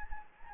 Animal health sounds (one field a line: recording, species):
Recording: mosquito wingbeat signal from an infrared sensor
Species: Anopheles gambiae